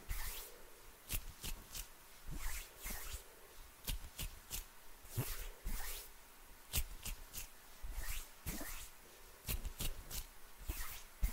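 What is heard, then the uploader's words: Hand sounds with fluttering fingers: quick, crisp taps and brushes come in irregular bursts, roughly one or two per second, each with a bright, airy edge. Between them runs a soft rustling and shuffling texture, with no talking throughout. ASMR HAND SOUNDS NO TALKING, ASMR FINGER FLUTTERING, ASMR NO TALKING, ASMR HAND MOVEMENTS.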